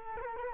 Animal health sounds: mosquito wingbeat signal from an infrared sensor; Culex quinquefasciatus

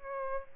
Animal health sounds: mosquito wingbeat signal from an infrared sensor; Aedes albopictus

